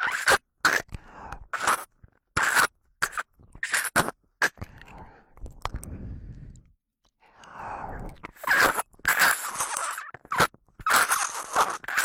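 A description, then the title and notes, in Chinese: Ear-sucking sounds come as wet, crackly bursts and sharp clicks, easing into a soft, low rustling midway before dense bursts return. 吸食你耳朵里的脏污。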